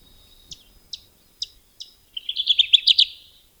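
Kirtland's Warbler giving four spaced, sharp call notes, then bursting into a fast, loud, rolling song of bright chips.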